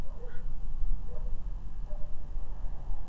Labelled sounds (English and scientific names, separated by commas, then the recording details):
unidentified animal sound, Black-crowned Night-Heron (Nycticorax nycticorax)
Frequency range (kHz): Black-crowned Night-Heron (Nycticorax nycticorax) 1.4-5.2 kHz
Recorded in France